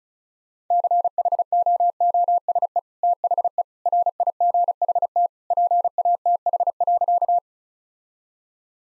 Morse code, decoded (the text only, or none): CHOOSE THE RIGHT PATH.